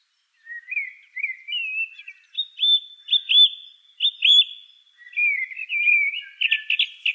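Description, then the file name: Song thrush song of short rising whistles, then sharp downslurred notes given several times in a row, ending in a fast flourish. "suara-kicauan-burung-song-thrush -omkicau"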